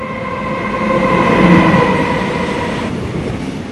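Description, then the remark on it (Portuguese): A high-speed train rushes past in a dense roaring whoosh that swells to a peak midway and then eases off, with steady humming tones running through the rumble. “Nem com trem bala, né?”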